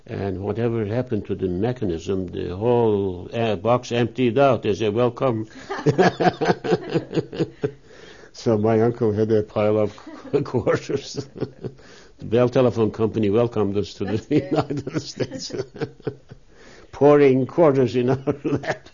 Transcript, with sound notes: And whatever happened to the mechanism the whole box emptied out as a welcome. So my uncle had a pile of quarters. ( they laugh ) Bell Telephone company welcomed us to the United States.
That's great.
Pouring quarters in our lap.